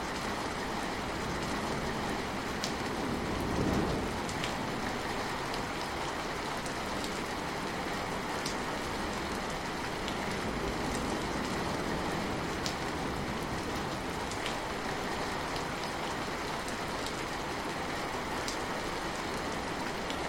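Steady rain patters densely on leaves and rooftops, a constant hiss with scattered brighter drip ticks and a brief low swell near four seconds.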